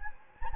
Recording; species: mosquito wingbeat signal from an infrared sensor; Anopheles gambiae